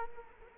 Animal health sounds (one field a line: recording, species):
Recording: mosquito wingbeat signal from an infrared sensor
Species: Culex quinquefasciatus